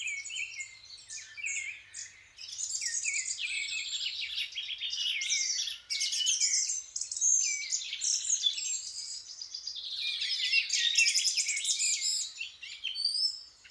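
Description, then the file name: Chorus of birds: layered high warbles, rapid trills and sharp chirps from several singers at once, nearly unbroken throughout. Birds waking up. "L'éveil des oiseaux (extrait)"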